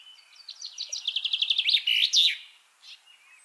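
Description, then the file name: Common chaffinch song: a rapid run of bright repeated notes dropping slightly in pitch, closing with a loud emphatic flourish, then a couple of faint chips. "Fringilla coelebs"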